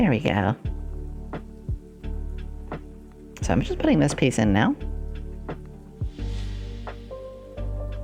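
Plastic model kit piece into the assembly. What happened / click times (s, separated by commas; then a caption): A small plastic piece is being handled and has not yet snapped home / none. A plastic model kit piece is being put into the assembly while someone talks over steady background music, with a few short, soft taps and knocks from the handling. The clip ends before the part goes home, so nothing has seated or clicked yet.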